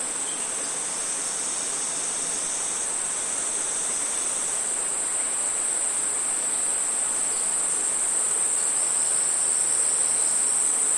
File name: zapsplat nature rainforest crickets cicada birds distant creek